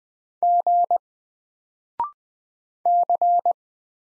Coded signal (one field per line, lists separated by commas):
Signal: Morse code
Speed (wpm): 20 wpm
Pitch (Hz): 700 Hz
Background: none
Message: G C